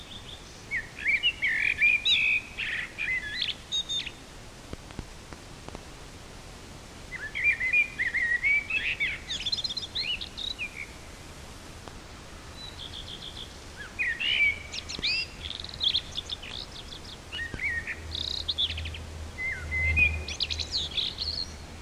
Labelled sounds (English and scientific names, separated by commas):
Common Blackbird (Turdus merula) song